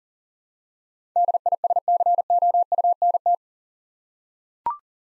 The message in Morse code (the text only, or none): DISCOUNT